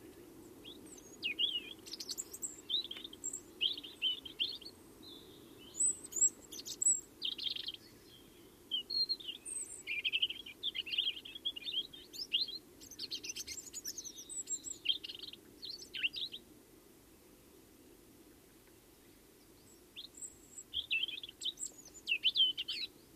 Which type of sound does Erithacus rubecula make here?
song